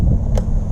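A white-clip hose on a Jeep Grand Cherokee WK2 is pushed back onto its fitting near the PCV valve during spark plug and PCV valve maintenance. A short, bright click sounds at 0.4 s over a steady low rumble. The hose's quick-connect clip seats home.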